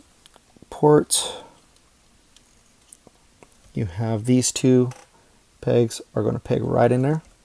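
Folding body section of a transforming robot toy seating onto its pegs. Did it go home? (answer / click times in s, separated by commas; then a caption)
no / none. Someone talks while handling a FansToys FT-22 Koot plastic/diecast transforming robot figure, guiding two pegs on its folding body section toward their slots. Faint handling clicks are heard between the words. Nothing has seated or clicked into place yet.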